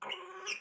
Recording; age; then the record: pig call; piglet (1 to 25 days)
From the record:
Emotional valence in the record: negative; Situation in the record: restrain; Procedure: in the arms of a person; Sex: male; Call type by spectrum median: high-frequency call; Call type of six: mixed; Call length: 0.60 s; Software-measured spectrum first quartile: 1520 Hz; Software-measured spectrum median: 2644 Hz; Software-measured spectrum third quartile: 4037 Hz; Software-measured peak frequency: 2945 Hz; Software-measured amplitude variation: 154 dB a second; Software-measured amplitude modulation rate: 22.4 a second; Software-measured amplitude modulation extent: 6.9 dB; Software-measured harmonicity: 5.9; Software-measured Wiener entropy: -2.15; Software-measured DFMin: 1509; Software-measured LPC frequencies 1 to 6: 1066, 2334, 2792, 4965, 5477, 5911 Hz